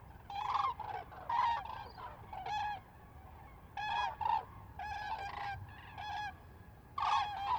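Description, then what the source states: Common cranes giving clear, loud trumpeting calls in separate bursts, often paired, with short quiet gaps between groups. Several birds on a close fly-by at Lac du Der, France, 10 January 2021.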